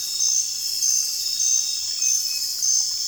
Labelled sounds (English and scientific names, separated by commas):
none